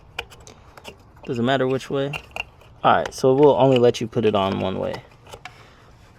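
A plastic sensor wiring connector is handled near the intake air sensor on a new cone-style VORTEX dual air intake being installed on an S85 V10; the connector only fits on one way. Someone talks while brief plastic taps and handling knocks are heard, with a sharp tap near the start and another around 5.4 s. Nothing has seated or clicked yet; the connector is not yet home.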